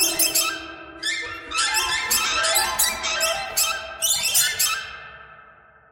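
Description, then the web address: Birds squawking: harsh, buzzy calls with rich harmonics come in bursts of overlapping notes, then fade toward the end. "soundfactory birds"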